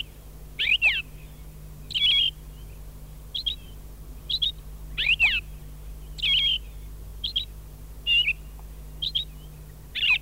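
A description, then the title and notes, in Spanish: A thrush sings in short, bright phrases of whistled, sliding notes, repeated roughly every second or so across the ten seconds. Between phrases there is a pause, and a steady low hum runs underneath throughout. Cuando el zorzal canta.. se escucha así. Grabación realizada en Parque Nacional Laguna Blanca.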